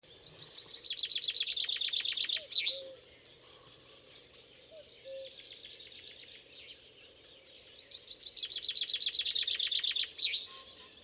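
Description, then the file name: Common chaffinch song, a rapid series of bright repeated notes ending in a twirled flourish, given twice several seconds apart over soft background birdsong. "Fringilla coelebs"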